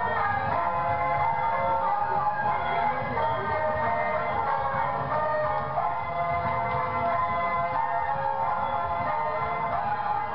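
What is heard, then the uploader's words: Instrumental music plays steadily throughout, with sustained tones in the middle range and a dense, layered texture, as if two melodies overlap. A low rumble runs underneath the whole time, suggesting passing traffic. The level stays even, with no sharp breaks. Hillside restaurant music. Instrumental music playing in a hillside restaurant mixes with music from a nearby temple and car passing bay in Lijiang, China.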